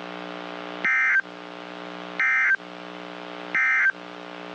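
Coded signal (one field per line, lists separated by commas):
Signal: Emergency Alert System (SAME) tones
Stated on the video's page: Real severe thunderstorm, tornado and flash flood warnings for North and Central Texas from transmitters at Fort Worth, Dallas and Waco.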